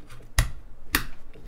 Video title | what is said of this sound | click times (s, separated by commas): Building my Thermaltake streaming rig. | oh nice little click lee's | 0.4 s, 0.9 s